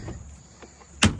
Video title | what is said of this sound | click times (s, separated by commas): VANLIFE - Tates Talk MOST important thing you MUST do before traveling #vanlife | slide it in until it clicks. | 1.0 s